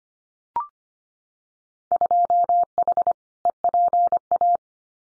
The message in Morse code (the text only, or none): 2H EPA